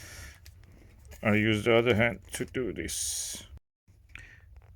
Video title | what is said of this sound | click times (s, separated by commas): Amazing AMBIANO Vaccum Cleaner From Aldi | okay nice clicks makes you sure that they are now connected | 4.1 s, 4.6 s